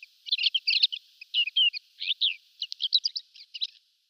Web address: Schulze Peter African Desert Warbler song